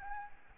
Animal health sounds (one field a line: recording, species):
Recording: mosquito wingbeat signal from an infrared sensor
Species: Aedes albopictus